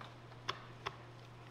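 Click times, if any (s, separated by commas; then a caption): 0.5 s, 0.9 s. An M2HB heavy machine gun barrel is turned two detent clicks further forward into the barrel extension to adjust headspace after a failed headspace gauge check. Two sharp detent clicks sound at 0.5 s and 0.9 s, and a louder sharp transient follows at the very end near 1.6 s. The barrel is seated two clicks forward.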